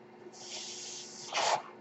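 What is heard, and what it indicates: A soft, steady hiss of airflow runs for about a second, then a louder, brief rushing puff follows. This is the sound of gas delivery from a home mechanical ventilator supporting the user's breathing, heard between spoken sentences.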